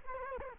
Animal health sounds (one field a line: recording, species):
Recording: mosquito wingbeat signal from an infrared sensor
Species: Culex quinquefasciatus